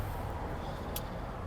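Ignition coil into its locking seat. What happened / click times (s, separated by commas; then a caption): The coil is handled but not yet seated / none. An ignition coil from a 2006–2011 BMW E90 335i's N55 engine is handled outside the engine during a valve cover gasket replacement, about to be pushed into its locking seat, which must click in fully to avoid a misfire. Over a steady low rumble, a brief sharp high-pitched tick sounds at 0.96 s. Nothing has seated or clicked yet.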